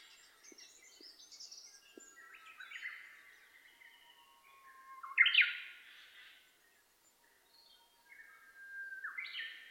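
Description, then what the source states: Japanese bush warbler song: flat whistles followed by a loud, sudden rising flourish midway, another phrase starting near the end, over busy chirping and trilling of other birds. Recorded 27 May 2007 at 05:46, early morning.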